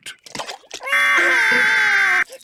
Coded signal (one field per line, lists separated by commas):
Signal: Emergency Alert System (SAME) tones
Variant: header bursts